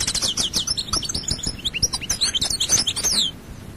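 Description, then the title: European goldfinch song: a fast, continuous tumble of high twittering notes and bright downslurred whistles. "Chant Chardonneret"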